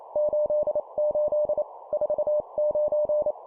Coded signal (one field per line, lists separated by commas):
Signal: Morse code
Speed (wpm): 28 wpm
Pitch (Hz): 600 Hz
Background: none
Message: 88 49